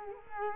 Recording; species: mosquito wingbeat signal from an infrared sensor; Culex quinquefasciatus